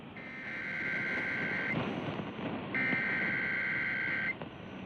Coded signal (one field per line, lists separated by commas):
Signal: Emergency Alert System (SAME) tones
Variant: header bursts